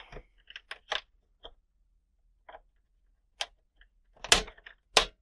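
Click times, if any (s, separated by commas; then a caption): 5.0 s. A screwdriver is pushed straight into the next slot of an Xbox 360 game console's outer case to release another plastic case latch. A few small clicks and scrapes lead up to a loud snap at 5.0 s as the latch snaps open. It sounds like breaking, but it is not broken.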